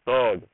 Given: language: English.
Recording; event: throat vibration sensor signal played as sound; speech